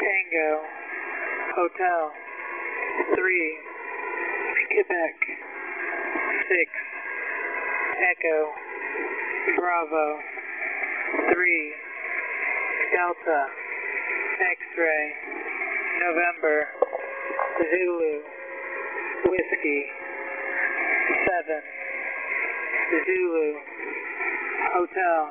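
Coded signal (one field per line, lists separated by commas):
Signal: coded military voice message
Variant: USAF HFGCS EAM, English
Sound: a voice reads phonetic-alphabet letters and digits in a coded string over radio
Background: radio static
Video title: ("Mailbox") US Air Force Messages (HFGCS, 4724 kHz) on 15th May, 2020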